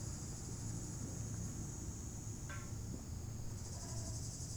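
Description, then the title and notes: Cicadas droning in a steady high-pitched buzz that shifts tone near the end, over heavy low road traffic rumble and a brief passing sound. Cicadas very active in the heat beside the new RD 991 road near Lac du Bourget, Entrelacs, France, on the cliff side, with vehicles passing. "Au bord de la RD 991 près du lac du Bourget côté falaise , avec la chaleur les cigales sont très actives"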